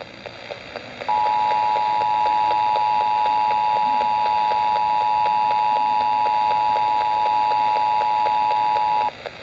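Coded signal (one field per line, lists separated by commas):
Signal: Emergency Alert System (SAME) tones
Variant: 853 and 960 Hz attention tone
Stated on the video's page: Real severe thunderstorm warning alert received on AM/FM broadcast.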